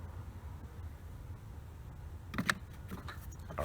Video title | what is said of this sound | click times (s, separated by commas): HOW TO ADD BRAKE FLUID TO YOUR 2006 BMW 530i | right, push it forward. You hear the click. It's locked into place. | 2.5 s